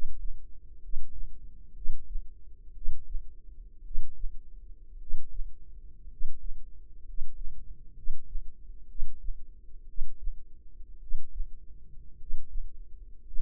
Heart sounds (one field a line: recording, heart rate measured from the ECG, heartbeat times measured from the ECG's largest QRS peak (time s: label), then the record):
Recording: heart sounds by microphone in the left ear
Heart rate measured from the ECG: 58 bpm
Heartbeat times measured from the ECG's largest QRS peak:
0.78 s: heartbeat
1.72 s: heartbeat
2.72 s: heartbeat
3.81 s: heartbeat
4.97 s: heartbeat
6.07 s: heartbeat
7.02 s: heartbeat
7.93 s: heartbeat
8.86 s: heartbeat
9.85 s: heartbeat
10.98 s: heartbeat
12.16 s: heartbeat
13.21 s: heartbeat
From the record:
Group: healthy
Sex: male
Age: 25 years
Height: 170 cm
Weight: 70.4 kg